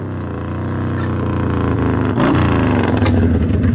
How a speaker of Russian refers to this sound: С той стороны двора подъехал мотоцикл.